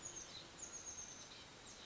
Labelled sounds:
Oak Titmouse (Baeolophus inornatus)
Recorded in Sonoma County, California

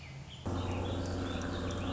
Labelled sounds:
Warbling Vireo (Vireo gilvus)
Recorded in Sonoma County, California

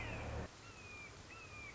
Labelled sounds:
Red-shouldered Hawk (Buteo lineatus)
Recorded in Sonoma County, California

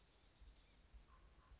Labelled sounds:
Blue-gray Gnatcatcher (Polioptila caerulea)
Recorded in Sonoma County, California

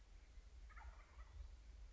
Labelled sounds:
Wild Turkey (Meleagris gallopavo)
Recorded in Sonoma County, California

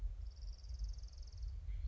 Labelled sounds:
Orange-crowned Warbler (Leiothlypis celata)
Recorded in Sonoma County, California

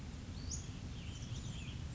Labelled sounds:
Western Flycatcher (Empidonax difficilis)
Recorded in Sonoma County, California

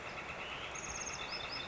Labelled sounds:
Northern Flicker (Colaptes auratus)
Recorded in Sonoma County, California

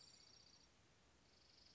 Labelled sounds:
Dark-eyed Junco (Junco hyemalis)
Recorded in Sonoma County, California

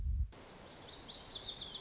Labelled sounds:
Lazuli Bunting (Passerina amoena)
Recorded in Sonoma County, California

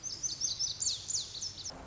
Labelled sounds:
Lazuli Bunting (Passerina amoena)
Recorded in Sonoma County, California

